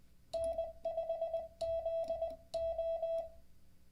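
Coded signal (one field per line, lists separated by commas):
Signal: Morse code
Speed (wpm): 20 wpm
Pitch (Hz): 660 Hz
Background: none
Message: N5ZO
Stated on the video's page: Live-streamed daily Morse code learning practice session.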